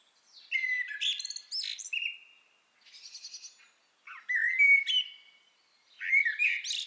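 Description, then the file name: Common blackbird singing: fluted, mellow phrases mixed with squeaky high notes, four phrases separated by short pauses. "Turdus merula"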